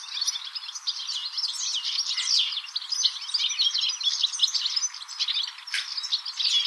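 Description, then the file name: European goldfinch giving a continuous, busy twitter of bright chips and trills that barely pause, with no other noticeable sounds. "Carduelis carduelis"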